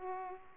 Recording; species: mosquito wingbeat signal from an infrared sensor; Aedes aegypti